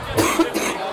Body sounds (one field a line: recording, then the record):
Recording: coughing mixed with background sound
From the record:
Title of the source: 61 morning phlegmy cough...again